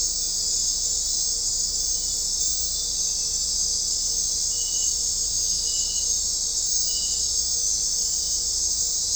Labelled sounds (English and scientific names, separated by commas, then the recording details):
none
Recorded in dense forest near Puerto Asís, Putumayo, Colombia, on 20 December 2024 at 22:30
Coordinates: 0.499, -76.324
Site G045